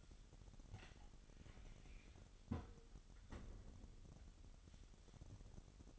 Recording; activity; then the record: daily activity, microphone in the room; close fridge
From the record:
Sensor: 4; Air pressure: 989.2 hPa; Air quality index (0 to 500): 224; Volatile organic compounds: 84 ppm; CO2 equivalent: 3640 ppm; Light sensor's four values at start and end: 26/91/34/36 and 27/93/34/36